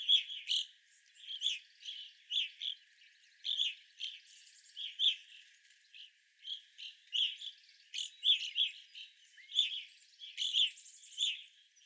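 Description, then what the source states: Evening grosbeak flock giving loud burry chirps in quick bursts, roughly every second, with softer buzzy notes between them. Several evening grosbeaks recorded on 25 April 2021.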